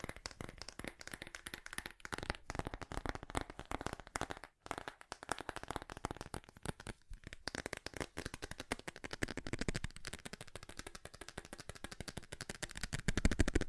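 Fast tapping runs in dense, rapid clicks throughout, with brief pauses near two, four and a half, and seven seconds, growing louder toward the end.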